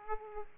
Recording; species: mosquito wingbeat signal from an infrared sensor; Aedes aegypti